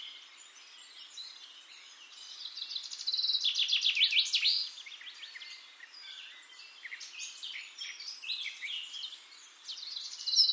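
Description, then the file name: Eurasian wren song, a high, busy stream of twittering and trilled notes that swells loudest in the middle and again briefly at the end, softer elsewhere. "Troglodytes troglodytes"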